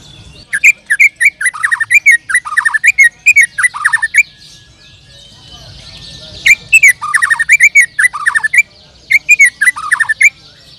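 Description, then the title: Bird song with rapid, repeated downslurred chirps and high clicks, delivered in dense phrases of about four seconds, a brief pause, then more phrases. "Kicau Burung"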